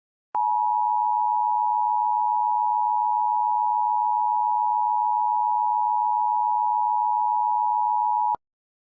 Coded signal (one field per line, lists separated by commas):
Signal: Emergency Alert System (SAME) tones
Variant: 853 and 960 Hz attention tone